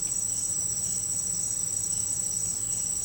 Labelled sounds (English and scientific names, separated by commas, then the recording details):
none
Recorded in secondary vegetation near Puerto Asís, Putumayo, Colombia, on 19 March 2025 at 10:00
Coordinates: 0.502, -76.326
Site G100